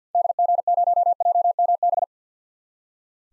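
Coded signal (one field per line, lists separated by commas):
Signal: Morse code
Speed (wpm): 47 wpm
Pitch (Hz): 700 Hz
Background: none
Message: DG0JMB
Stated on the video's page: Head-copy drill of common SOTA activator call signs at 50 wpm, each sent in Morse, spoken, then sent again.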